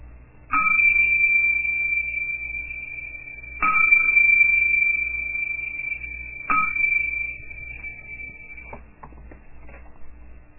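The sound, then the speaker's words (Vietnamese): A meditation bell is struck three times by a Buddhist teacher to begin a 15-minute sitting meditation, a few seconds apart, each strike giving a bright, high ringing tone that sustains and overlaps the next before fading out. No one speaks. “Bây giờ thầy đánh tiếng chuông để cho quý vị đi vào trong cái thiền định.”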